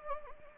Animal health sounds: mosquito wingbeat signal from an infrared sensor; Anopheles gambiae

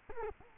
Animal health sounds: mosquito wingbeat signal from an infrared sensor; Culex quinquefasciatus

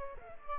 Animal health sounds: mosquito wingbeat signal from an infrared sensor; Aedes albopictus

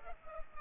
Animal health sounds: mosquito wingbeat signal from an infrared sensor; Culex pipiens

